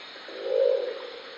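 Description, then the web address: Crested owl giving a single low, hoarse call, swelling then fading, over a steady hiss. "sound Crested-owl. صدای-جغد-کاکلی"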